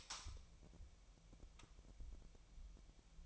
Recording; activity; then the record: daily activity, microphone in the room; light on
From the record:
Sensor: 1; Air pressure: 1001.9 hPa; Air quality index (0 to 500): 249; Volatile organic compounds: 55 ppm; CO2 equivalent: 3353 ppm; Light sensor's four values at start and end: 5/11/4/5 and 14/48/19/19